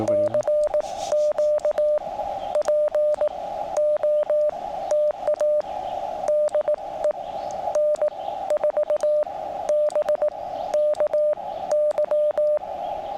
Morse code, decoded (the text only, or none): CQ POTA DE N4BKY